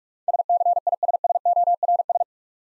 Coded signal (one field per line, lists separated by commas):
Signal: Morse code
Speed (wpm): 48 wpm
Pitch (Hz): 700 Hz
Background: none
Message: SCISSORS